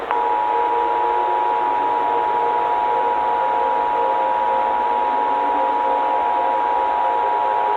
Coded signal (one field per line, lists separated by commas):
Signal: Emergency Alert System (SAME) tones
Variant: 853 and 960 Hz attention tone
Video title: EAS Scenario / Analog & Digital Horror - The Wrath Of Black Doom